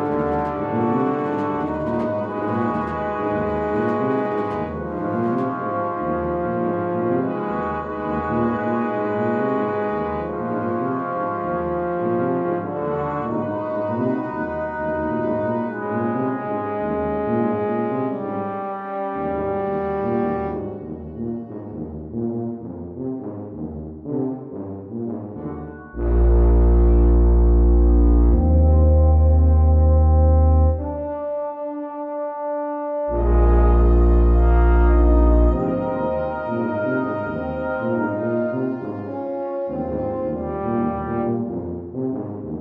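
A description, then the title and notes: Brass chords sustain and shift steadily, then around the 26-second mark loud, pure low tones break in twice before the brass resumes. Evanston or Midwest in Midwinter. Field recordings of walking in the snow, a brass quintet, sine waves.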